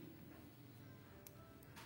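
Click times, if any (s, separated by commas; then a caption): none. A wire connector on a car AC blower speed switch, part of the switch-to-resistor wiring, is being pressed with pliers after proving too stiff to push in by hand. Music plays throughout, with a brief sharp tick at about 1.3 s. Nothing has seated or clicked yet.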